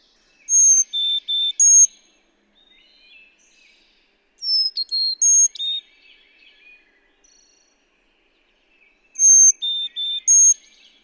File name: Carolina Chickadee